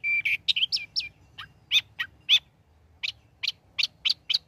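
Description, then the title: Long-tailed shrike song in short bursts of sharp, high notes, a brief whistle at the start, then a pause and a rapid run of clipped notes. Bird described as singing actively (gacor); recording made as tutor song (masteran) for training songbirds. "Cendet Gacor Cocok Untuk Masteran"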